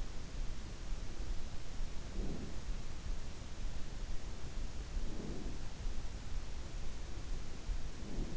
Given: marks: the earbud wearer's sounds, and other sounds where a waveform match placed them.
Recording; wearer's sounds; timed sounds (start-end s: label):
sounds in sleep by an in-ear microphone; breath
1.95-2.55 s: breath
4.89-5.75 s: breath
7.83-8.37 s: breath